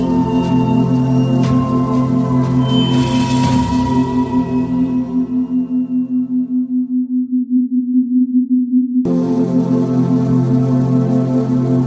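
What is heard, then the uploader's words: Binaural beats: a steady low tone with a gentle, regular pulsing throb holds throughout. Around three to four seconds a soft rushing swell and faint higher tones drift by, then the sound thins to the bare pulsing tone before fuller layers return near nine seconds. Focus sounds, Binaural Beats Concentration sounds.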